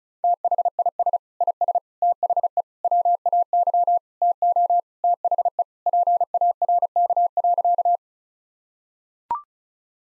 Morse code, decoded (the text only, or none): THIS IS THE WAY TO THE PARK.